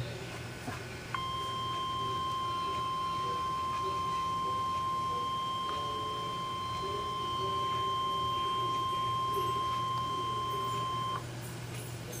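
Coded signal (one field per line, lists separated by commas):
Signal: Emergency Alert System (SAME) tones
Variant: 1050 Hz attention tone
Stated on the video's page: Severe thunderstorm warning EAS alert.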